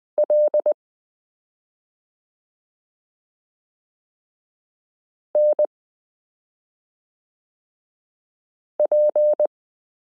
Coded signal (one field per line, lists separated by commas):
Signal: Morse code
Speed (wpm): 20 wpm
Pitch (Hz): 600 Hz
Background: none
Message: LNP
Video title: Morse Code Listening Lesson 15 - s u a p t l o w i (.)period n j e